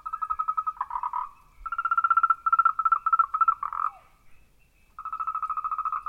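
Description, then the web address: Frog calling in loud rapid pulsed trills, several bursts of about a second each separated by short pauses, over quiet background. Recorded 14 March 2023. "frog rec 140323"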